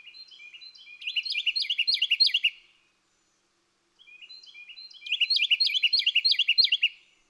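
Bird song: a quiet run of high chips swells into a loud, fast, ringing trill, then silence, and the same phrase repeats about a second later.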